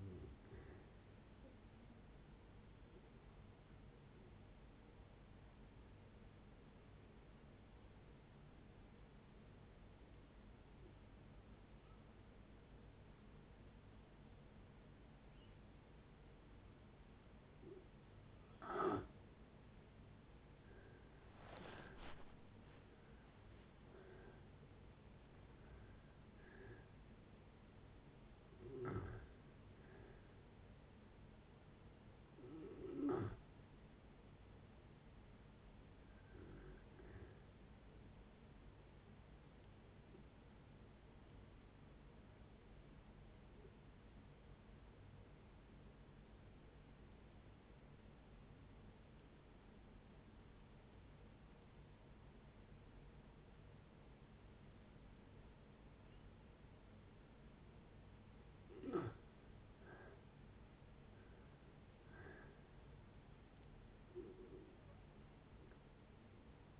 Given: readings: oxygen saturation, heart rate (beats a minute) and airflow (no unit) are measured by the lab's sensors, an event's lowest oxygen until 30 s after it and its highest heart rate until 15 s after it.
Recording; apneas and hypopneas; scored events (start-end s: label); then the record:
breathing in sleep by a voice recorder at the bedside; 2
3.00-20.30 s: hypopnea (N2, oxygen 96% highest, then 87% lowest, heart rate 71 at the start, 71 highest)
38.00-59.30 s: hypopnea (N2, oxygen 97% highest, then 84% lowest)
62.00-66.80 s: new sleep stage, N1 (lightest sleep)
From the record:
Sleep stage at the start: N2 (light sleep); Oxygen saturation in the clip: 84 to 97%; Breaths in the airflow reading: 12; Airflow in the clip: -8.1 to 8.9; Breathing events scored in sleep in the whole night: 496 in 5.4 hours asleep